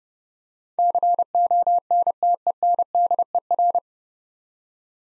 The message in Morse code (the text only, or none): CONTENDER